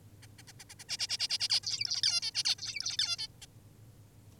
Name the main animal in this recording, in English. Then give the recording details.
Zebra Finch. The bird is an adult. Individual g19o10U